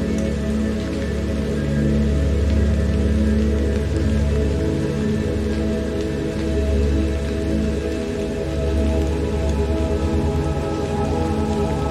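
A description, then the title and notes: Steady rain hisses throughout alongside a sustained low droning tone with faint higher notes, the low hum swelling and easing every few seconds. Soothing Rain Meditation Music. Rain sounds combined with meditative music.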